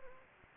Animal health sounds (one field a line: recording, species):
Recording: mosquito wingbeat signal from an infrared sensor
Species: Anopheles gambiae